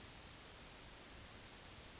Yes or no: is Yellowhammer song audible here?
no